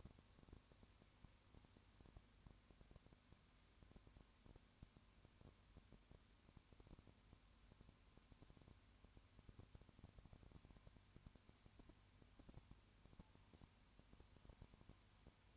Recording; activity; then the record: daily activity, microphone in the room; no activity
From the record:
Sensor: 2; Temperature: 20.3 degrees Celsius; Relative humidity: 35.6%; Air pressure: 1001.0 hPa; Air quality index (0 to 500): 197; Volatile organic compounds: 5 ppm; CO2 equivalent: 1736 ppm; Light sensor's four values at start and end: 2/3/2/2 and 2/3/2/2